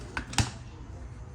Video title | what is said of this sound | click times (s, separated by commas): FIRST TIME KONG MAGLUTO NG HOI MOO (VIETNAMESE FOOD) @thai-fildaughtereunice | Lock natin, guys. Ano ba ito? Ayan. Nakalock na siya, guys. | 0.4 s